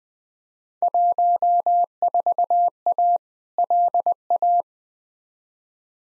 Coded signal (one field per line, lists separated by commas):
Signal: Morse code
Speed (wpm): 20 wpm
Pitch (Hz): 700 Hz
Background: none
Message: 14A LA